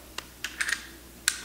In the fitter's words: once it clicks into place like that you should be able to press down